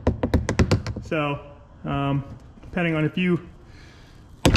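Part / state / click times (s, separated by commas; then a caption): plastic push pin clip in the under-car belly pan / released / 4.5 s. A plastic push-pin clip holding the belly pan under a 2014 Dodge Dart 2.4 is pried out with a trim-clip tool during a starter replacement. A quick series of short taps opens the clip, then someone talks over tonal, music-like sound. A sharp snap at 4.5 s marks the clip popping out and releasing.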